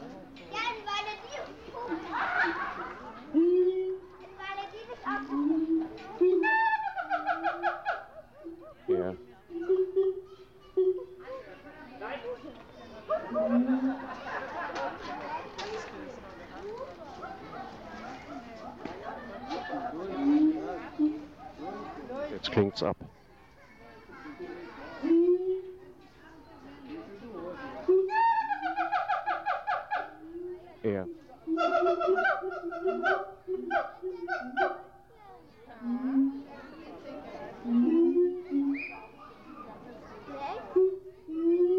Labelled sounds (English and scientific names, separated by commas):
Siamang (Symphalangus syndactylus)